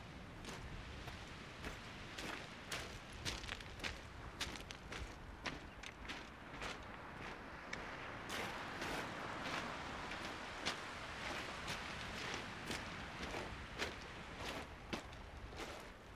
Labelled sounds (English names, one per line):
Arctic Fox